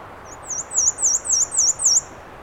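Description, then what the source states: Black-and-white warbler singing a high, wheezy run of six or so repeated notes, each dipping and rising like a squeaky wheel, over quiet hiss. 13 June 2017 at 9:54 am on the Alder Trail, Schoodic Division, Acadia National Park; Fostex FR2 recorder with Sennheiser ME 66 microphone; edited, level-adjusted, trimmed and high-pass filtered.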